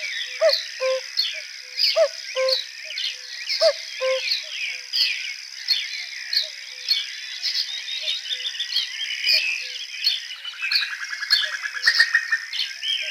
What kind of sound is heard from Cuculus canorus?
song